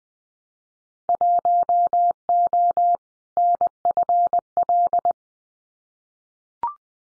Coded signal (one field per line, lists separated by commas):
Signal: Morse code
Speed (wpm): 20 wpm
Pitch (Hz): 700 Hz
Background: none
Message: 1O NFL